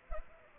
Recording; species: mosquito wingbeat signal from an infrared sensor; Culex pipiens